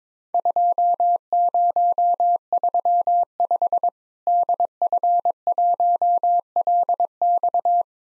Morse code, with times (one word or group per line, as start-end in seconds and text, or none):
0.3-3.9 2035
4.3-7.8 DF1LX